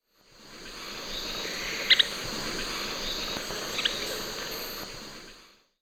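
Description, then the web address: Yellow tyrannulet calls: a quick pair of bright high notes, then one more after a short pause, nearly buried under continuous buzzing insect chorus. Recorded in Ecuador. "Natures Songs S America Birds of Ecuador Yellow Tyrannulet"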